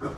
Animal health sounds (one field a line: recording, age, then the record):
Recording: pig call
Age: growing-finishing pig (85 days or more)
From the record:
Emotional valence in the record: positive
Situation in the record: run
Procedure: transit